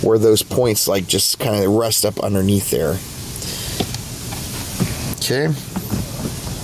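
Someone talks while handling the cabin air filter cover with its plastic tabs at the filter housing of a 2013 Hyundai Accent SE. Faint handling rustles and a couple of brief knocks follow. Nothing has seated or clicked into place yet.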